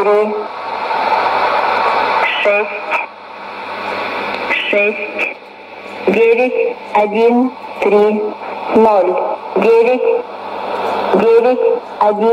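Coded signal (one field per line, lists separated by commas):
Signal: numbers station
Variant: S06s, Russian female voice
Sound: radio hiss, then a female voice reading short, evenly spaced number words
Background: radio static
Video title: 21 09 2016 Number station S06s Russian Lady to Eu 0834 on 9255 unknown tx site CUSB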